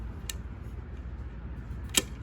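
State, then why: Released. A flat-head screwdriver turns the cam chain tensioner, already wound fully back and locked, fitted in the engine cylinder of a 2004 Yamaha YZ450F motorcycle. This releases the plunger so it extends and tightens the cam chain. A faint tick comes at 0.3 s, then a sharp click at 2.0 s marks the release, against a low steady background hum.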